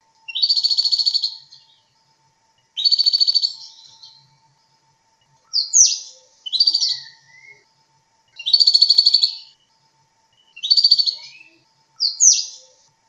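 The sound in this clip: Bird song of bright chirping phrases, buzzy bursts alternating with sharp upslurred notes, repeated about every one to three seconds, over a faint steady hum.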